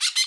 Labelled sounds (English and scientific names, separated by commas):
Brown-throated Parakeet (Eupsittula pertinax) contact call